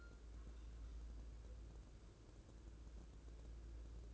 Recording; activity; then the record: daily activity, microphone in the room; take from stove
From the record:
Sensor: 2